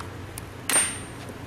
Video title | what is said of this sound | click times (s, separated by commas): ProMow Reel Sharpening | last hubcap popped on | 0.7 s